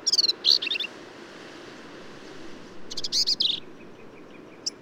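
Black-capped vireo song: quick phrases of harsh, squeaky high notes, with a pause of about two seconds between them, against a soft low rumble.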